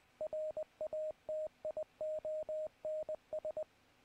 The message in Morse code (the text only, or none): RATIONS